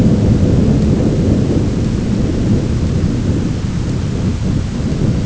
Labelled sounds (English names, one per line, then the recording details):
none
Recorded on Arctic tundra, site ZACK-1, on 10 June 2019
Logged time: 15:49